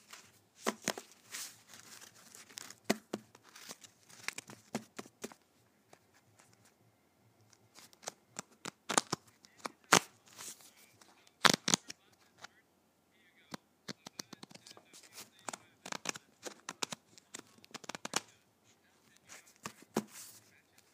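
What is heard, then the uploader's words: Playing cards are handled, with sharp snaps and quick riffling bursts. The sounds come in irregular clusters, loudest near ten and eleven seconds, separated by brief pauses of near silence and soft shuffling. ASMR Playing Cards.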